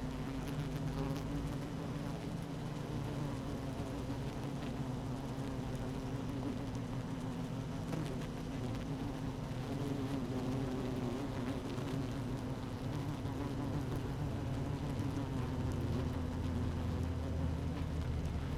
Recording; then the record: honeybee colony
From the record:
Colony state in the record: active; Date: 12 June 2018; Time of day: 15:21